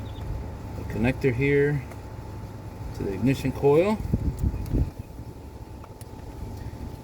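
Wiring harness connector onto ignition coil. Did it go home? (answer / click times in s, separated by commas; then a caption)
yes / 6.0 s. On a 2012 Honda Odyssey, a wiring harness connector is pushed back onto an ignition coil by hand while someone talks. After a few soft handling taps, the connector clicks into place at 6.0 s and is confirmed seated.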